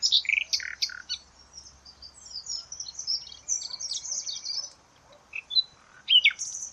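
Bird chirps and twitters, thin and high, in a busy jumble, loudest at the start and near the end.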